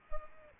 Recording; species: mosquito wingbeat signal from an infrared sensor; Culex pipiens